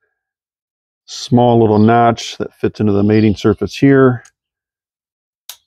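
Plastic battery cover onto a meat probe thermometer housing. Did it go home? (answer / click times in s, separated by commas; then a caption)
yes / 5.5 s. Someone talks as the small plastic battery cover of a Weber meat probe thermometer, fitted after a new 2032 coin cell goes in, is lined up by its small notch with the mating surface and pressed onto the housing. After the talking stops, one sharp click is heard at 5.5 s as the cover seats in place.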